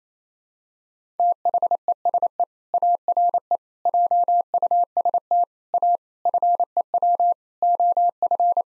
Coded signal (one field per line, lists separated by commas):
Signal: Morse code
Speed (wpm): 28 wpm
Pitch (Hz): 700 Hz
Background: none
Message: THESE ARE JUST A FEW OF